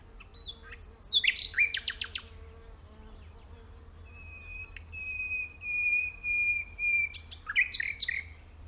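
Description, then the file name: Common nightingale song: sharp chirps and clicks, then a long pure whistle held steady for several seconds, followed by more rapid notes. "Luscinia megarhynchos"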